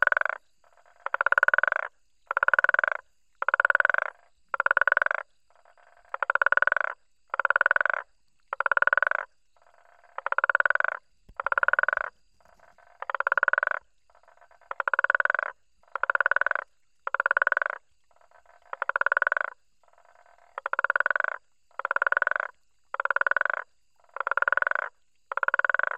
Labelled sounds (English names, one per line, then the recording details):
Guttural Toad call
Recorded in the wild
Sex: male
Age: adult
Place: Hoedspruit, Marepe Lodge, ZA
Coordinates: -24.45, 30.84
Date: 1995-01-16 23:45
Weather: 21°C, nach starkem Regen
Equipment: Sony TCD-D3, Sennheiser ME 80, K 30 AV
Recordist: Gutsche, Alexander